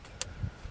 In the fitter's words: Looks like it just snaps right in there.